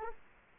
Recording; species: mosquito wingbeat signal from an infrared sensor; Culex quinquefasciatus